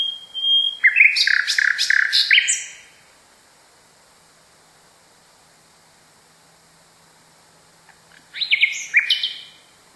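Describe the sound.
Nightingale song phrase of sharp high whistles and fast rattling notes, followed by silence for several seconds before another brief chirping phrase begins.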